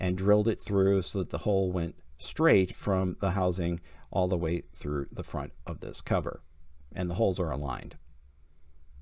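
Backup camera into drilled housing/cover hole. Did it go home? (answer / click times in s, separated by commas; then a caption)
no / none. Someone talks while handling a small Kia Soul backup camera for a hole drilled straight through its metal housing and front cover, with the holes aligned. The camera has not yet snapped into place, and nothing has seated or clicked.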